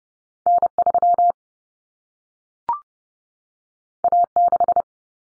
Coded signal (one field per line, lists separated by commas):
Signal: Morse code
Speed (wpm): 30 wpm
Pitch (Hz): 700 Hz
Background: none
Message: N3 A6